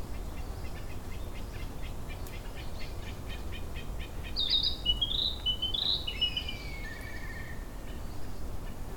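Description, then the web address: Narcissus flycatcher song: a short phrase of clear whistled notes stepping up and down, starting midway, after a run of rapid ticking notes, over steady low background rumble. Song, 10 June 2015, Jyumoku park. "saezuri kibitaki 20150610 jyumokukouenn"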